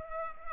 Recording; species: mosquito wingbeat signal from an infrared sensor; Culex pipiens